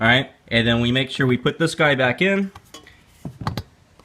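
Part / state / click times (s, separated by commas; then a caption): spark plug wire boot onto spark plug of lawnmower engine / seated / 3.5 s, 3.6 s. Someone talks as the rubber spark plug wire boot is pushed back onto the terminal of the freshly tightened spark plug on a lawnmower engine. After a few soft clatters, two sharp clicks ring out at 3.5 and 3.6 seconds as the boot seats firmly onto the plug.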